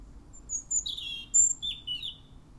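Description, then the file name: European robin song: a lively, clear phrase of high, thin whistles and descending slurs, changing pitch quickly within under three seconds. "Erithacus rubecula"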